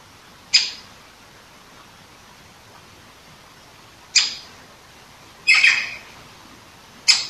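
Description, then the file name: Great Spotted Woodpecker with four sharp 'kick' calls spaced irregularly; the third note sounds harsher and doubled. Recorded 21 September 2015 at about 19:10. "dzieciol duzy nikolay sariev. dendrocopos major), 2015-09-21 , 19 10"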